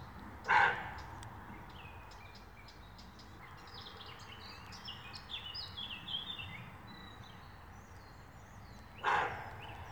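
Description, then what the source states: Roe deer barking in alarm: two rough, explosive barks about nine seconds apart, with several small birds singing and twittering in between. Roe deer buck barking in alarm.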